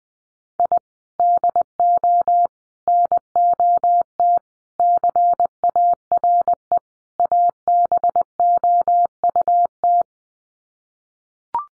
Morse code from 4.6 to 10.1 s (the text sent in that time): CARE ABOUT